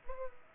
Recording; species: mosquito wingbeat signal from an infrared sensor; Culex pipiens